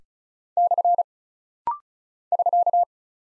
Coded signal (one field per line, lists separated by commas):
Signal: Morse code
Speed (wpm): 36 wpm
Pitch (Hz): 700 Hz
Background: none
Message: / <SK>